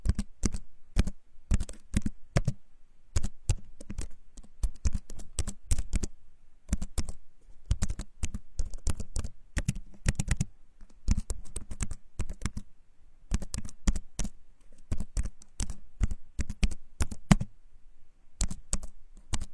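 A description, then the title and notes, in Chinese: Dry handling of a book and writing: quick bursts of sharp taps, rustles and page flicks come in irregular clusters, separated by short quiet pauses near three, six and twelve seconds. It is otherwise silent. 翻书，写字，查文献！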